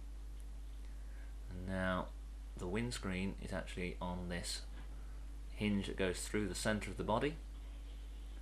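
Someone talks while handling the plastic windscreen panel of a plastic toy robot action figure, which sits on a hinge through the center of the body, over a steady low hum. The panel is being moved toward the body but has not yet clipped into place; nothing has seated or clicked yet.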